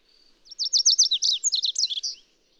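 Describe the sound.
Bird song: a high thin note, then a quick tumbling series of sharp chirps and twitters lasting under two seconds.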